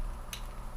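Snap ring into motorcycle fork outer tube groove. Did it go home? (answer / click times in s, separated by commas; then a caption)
yes / 0.3 s. A steel fork-seal snap ring is pressed into its groove in a motorcycle fork outer tube, just above the oil seal. A single short, bright tick sounds at 0.3 s against a steady low hum as the ring snaps into the groove. The ring is seated, with all four tabs snapped into place.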